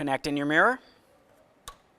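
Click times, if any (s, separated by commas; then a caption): 1.7 s. A power mirror wiring connector on a 2006-10 Ford Explorer driver side mirror is plugged into the vehicle harness inside the door. Someone talks at the start, then a short, sharp click is heard at 1.7 s as the connector seats.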